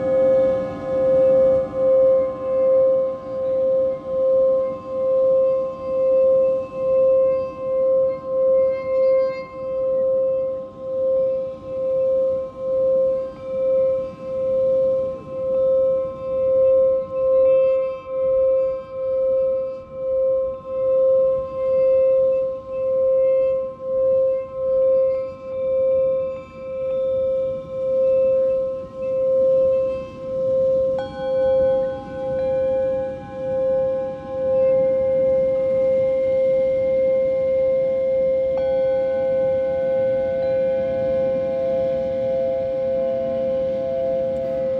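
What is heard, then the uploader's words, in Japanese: A singing bowl rings with a strong, steady tone around the middle of the range, over bright overtones that shimmer and pulse in a regular wavering beat. Around thirty-one seconds the overtones shift, and after thirty-five seconds the sound swells slightly and holds steadier. メキシコから シンギングボウルのサウンドヒーリングをお届け ライブ。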